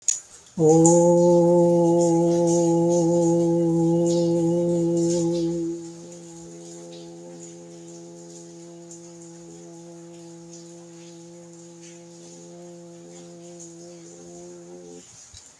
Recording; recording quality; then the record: sustained vowel as in boot; excellent, no background noise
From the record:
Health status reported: healthy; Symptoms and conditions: diabetes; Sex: male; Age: 67 years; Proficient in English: yes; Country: India